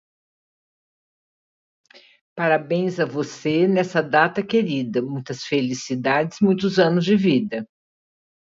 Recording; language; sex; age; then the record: short text; Brazilian Portuguese; female; 60 to 69 years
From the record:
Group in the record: control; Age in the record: 66 years